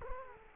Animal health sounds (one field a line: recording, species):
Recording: mosquito wingbeat signal from an infrared sensor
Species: Culex quinquefasciatus